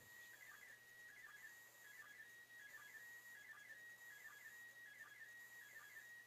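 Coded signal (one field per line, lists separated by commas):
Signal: SSTV (slow-scan television)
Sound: steady high whistle-like tone with a chirpy warble repeating about every 0.75 seconds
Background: radio static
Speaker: Still nice strong signal.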